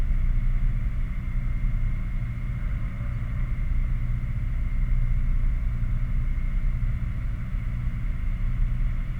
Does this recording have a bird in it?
no